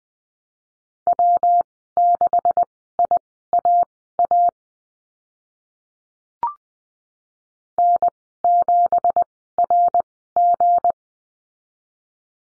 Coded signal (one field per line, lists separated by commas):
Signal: Morse code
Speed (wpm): 20 wpm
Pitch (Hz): 700 Hz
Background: none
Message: W6IAA N7RG